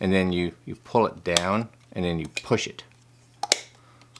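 Someone talks while pulling down the hinged plastic lid on the dust bin of a Brigii M1 Portable Mini Car and Home Vacuum and pushing it shut. A sharp plastic snap at 3.5 s marks the lid snapping shut and seating, followed by faint ticks.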